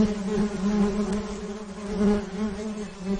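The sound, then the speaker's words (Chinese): A steady, droning buzz of bees with a low hum and bright overtones, holding at an even pitch and loudness for a few seconds with no voices. “我而家喺个蜜蜂罩里边啊，哇，真系空气清新啲。”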